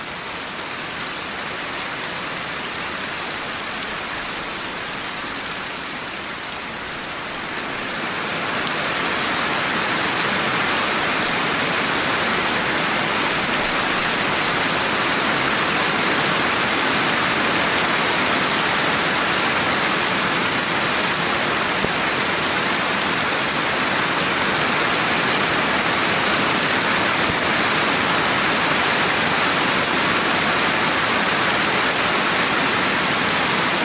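Rain falls as a dense, even hiss. For the first eight seconds or so it is softer and thinner, then it swells into a louder, brighter downpour that holds steady to the end, with countless fine drops blending into one continuous wash.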